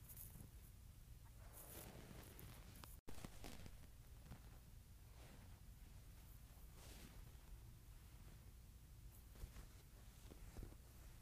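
A wool shirt rustles and rubs in irregular scratchy bursts over a steady low rumble, with a brief silent gap near three seconds.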